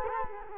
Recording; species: mosquito wingbeat signal from an infrared sensor; Culex quinquefasciatus